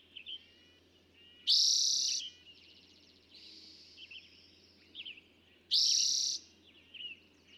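Eastern towhee song, a loud, dense trill-like burst sung twice about four seconds apart, with softer chirps and whistles in between.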